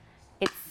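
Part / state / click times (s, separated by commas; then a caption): magnetic snap on a handbag flap / seated / 0.5 s. The leather flap of a Radley London Leather Rose Castle Medium Flapover handbag is closed, and its strong magnetic snap closure snaps back into place with a sharp, bright snap at 0.5 s. The snap follows a quiet stretch and leaves a soft low tail, and the closure is shut.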